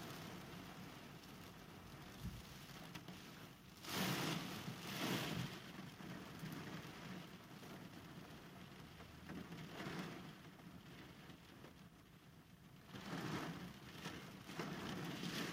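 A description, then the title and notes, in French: Hailstones fall in a dense, steady patter, a constant fine hiss of impacts across the whole clip. The downpour swells into louder, rushing gusts around four to five seconds, briefly near ten seconds, and again at thirteen to fourteen seconds, with a low rumble underneath. Grêlons du mois de janvier en Bretagne. Grêlons bretons.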